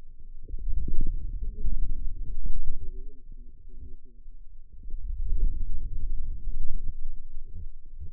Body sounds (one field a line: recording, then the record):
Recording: forearm muscle sounds (acoustic myography)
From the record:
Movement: wrist extension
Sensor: system 2, bracelet of six BSWA MPA416 microphones around the upper forearm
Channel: 6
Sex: female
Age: 21 years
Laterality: right